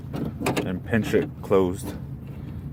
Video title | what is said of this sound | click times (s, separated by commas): Window roller replacement Saab 95 | you want a lot of so you hear that first click and after that first click that's not the whole way and | 0.5 s